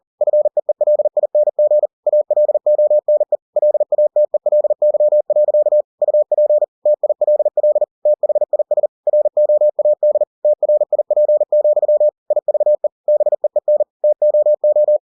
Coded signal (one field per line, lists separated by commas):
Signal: Morse code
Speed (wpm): 40 wpm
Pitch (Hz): 600 Hz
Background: none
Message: FEELING ALONE LATELY. UP TILL THIS ROAD TRIP, IVE BEEN TOO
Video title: The Martian by Andy Weir in Morse code - 40WPM - Chapter 10